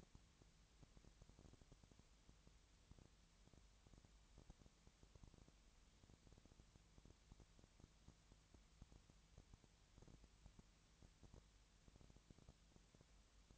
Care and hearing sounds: daily activity, microphone in the room; no activity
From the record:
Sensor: 3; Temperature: 20.6 degrees Celsius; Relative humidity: 34.7%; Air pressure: 1007.2 hPa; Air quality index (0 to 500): 137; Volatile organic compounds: 3 ppm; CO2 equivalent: 1529 ppm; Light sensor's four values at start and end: 2/3/2/2 and 2/3/2/2

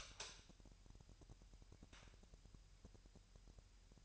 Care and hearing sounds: daily activity, microphone in the room; light on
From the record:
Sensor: 2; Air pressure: 1001.8 hPa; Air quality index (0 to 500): 244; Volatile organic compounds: 33 ppm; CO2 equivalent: 3028 ppm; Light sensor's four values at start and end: 4/9/4/4 and 9/27/10/10

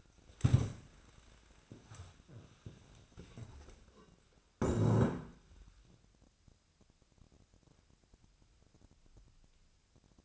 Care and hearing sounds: daily activity, microphone in the room; stand up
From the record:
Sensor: 2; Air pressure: 1000.3 hPa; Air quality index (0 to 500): 160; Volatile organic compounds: 3 ppm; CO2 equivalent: 1336 ppm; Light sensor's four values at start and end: 9/20/9/9 and 8/17/8/8

